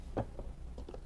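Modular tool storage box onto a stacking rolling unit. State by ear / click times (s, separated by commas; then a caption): not seated / none. A plastic modular tool storage box is handled and pushed onto a stacking rolling unit on a store display. Short knocks and light plastic taps sound at about 0.4 s and 0.9 s, with a louder thump near 0.2 s. Nothing has seated or clicked into place yet.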